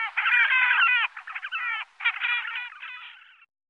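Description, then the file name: Horned grebe producing harsh, nasal trilled squeals in quick successive phrases, fading toward the end. "Svarthakedopping"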